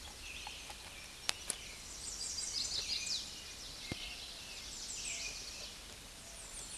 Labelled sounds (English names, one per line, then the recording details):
American Redstart song
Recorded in a Pennsylvania forest on 16 May 2024 at 09:03
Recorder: AudioMoth, point MSD-0383
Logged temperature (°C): 15.3 °C
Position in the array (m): 90 m, 230 m